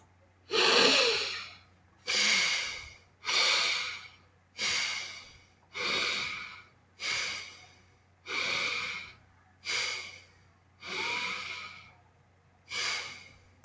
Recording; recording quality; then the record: deep breathing; excellent, no background noise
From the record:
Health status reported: healthy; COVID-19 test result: negative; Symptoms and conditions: none ticked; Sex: male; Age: 27 years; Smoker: not ticked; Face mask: not worn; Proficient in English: yes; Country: India